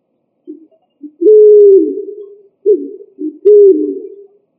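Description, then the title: Pigeon cooing: two phrases, each a couple of short notes leading into a long, drawn-out, gently falling coo. "Columbidae Pomba"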